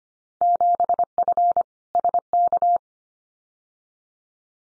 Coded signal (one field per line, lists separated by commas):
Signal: Morse code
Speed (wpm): 25 wpm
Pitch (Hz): 700 Hz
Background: none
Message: 7F SK